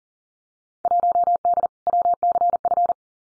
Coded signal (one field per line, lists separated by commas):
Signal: Morse code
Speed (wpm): 41 wpm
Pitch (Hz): 700 Hz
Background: none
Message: 1D WCF